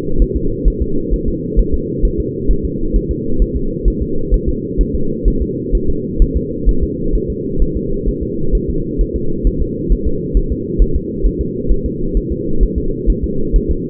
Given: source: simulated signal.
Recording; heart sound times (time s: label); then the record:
fetal heart sounds
0.22 s: S1
0.37 s: S2
0.68 s: S1
0.82 s: S2
1.14 s: S1
1.28 s: S2
1.59 s: S1
1.74 s: S2
2.05 s: S1
2.20 s: S2
2.51 s: S1
2.65 s: S2
2.96 s: S1
3.11 s: S2
3.42 s: S1
3.56 s: S2
3.88 s: S1
4.02 s: S2
4.34 s: S1
4.49 s: S2
4.81 s: S1
4.95 s: S2
5.28 s: S1
5.42 s: S2
5.75 s: S1
5.90 s: S2
6.22 s: S1
6.37 s: S2
6.69 s: S1
6.83 s: S2
7.15 s: S1
7.30 s: S2
7.62 s: S1
7.77 s: S2
8.09 s: S1
8.23 s: S2
8.55 s: S1
8.70 s: S2
9.01 s: S1
9.16 s: S2
9.47 s: S1
9.62 s: S2
9.92 s: S1
10.07 s: S2
10.37 s: S1
10.52 s: S2
10.82 s: S1
10.96 s: S2
11.26 s: S1
11.41 s: S2
11.71 s: S1
11.86 s: S2
12.17 s: S1
12.32 s: S2
12.63 s: S1
12.78 s: S2
13.10 s: S1
13.24 s: S2
13.56 s: S1
13.71 s: S2
From the record:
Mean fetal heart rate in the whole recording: 130 bpm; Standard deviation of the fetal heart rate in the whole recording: 2 bpm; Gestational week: 36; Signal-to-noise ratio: -8.1 dB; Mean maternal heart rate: 72 bpm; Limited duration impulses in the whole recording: absent